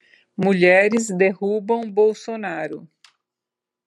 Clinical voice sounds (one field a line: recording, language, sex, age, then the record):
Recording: short text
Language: Brazilian Portuguese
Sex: female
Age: 60 to 69 years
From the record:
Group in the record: control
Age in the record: 60 years